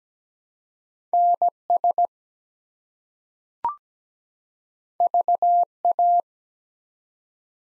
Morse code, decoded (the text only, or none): NS VA